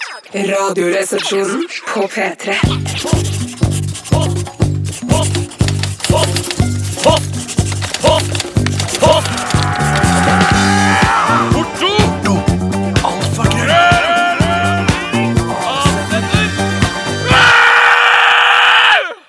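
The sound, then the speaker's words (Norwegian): The uncensored jingle of the NRK radio show Radioresepsjonen: loud music with a pounding, steady bass beat and screamed, wailing vocals, ending on a sustained harsh, bright note. “Det var altså jinglen, den usensurerte jinglen som vi liker å spille, for vi kan det her i radioresepsjonen.”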